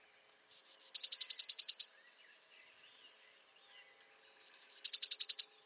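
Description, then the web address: Eurasian blue tit calling twice: each call opens with thin high seeping notes, then a fast, dry trill of several pulses; quiet background otherwise. "cianscape birddata Deverinetal 2025 File origin Bird Only Cy Ca"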